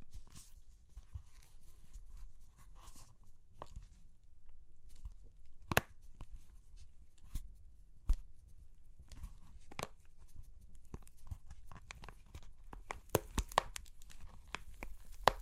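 Crunchy clay cracking in a steady run of sharp snaps and crumbles, with bright clicks scattered throughout and louder cracks near 6, 8, 10 and 13 seconds. A low rumble sits underneath, and the breaking grows busier toward the end.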